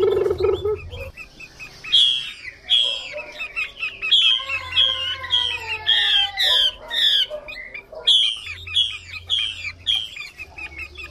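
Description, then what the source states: Chinese hwamei song: a low thump at the start, then a long rich sequence of fast repeated ringing whistles and slurred descending notes. Female hwamei singing.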